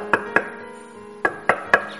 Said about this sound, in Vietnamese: Gõ vài tiếng, không ai mở cửa cũng không có người ra.